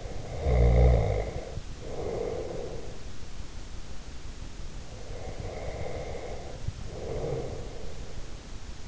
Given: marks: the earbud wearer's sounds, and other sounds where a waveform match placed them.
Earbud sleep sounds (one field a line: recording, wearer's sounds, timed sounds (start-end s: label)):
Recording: sounds in sleep by an in-ear microphone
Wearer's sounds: snoring breath, breath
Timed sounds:
0.00-2.53 s: snoring breath
5.04-8.30 s: breath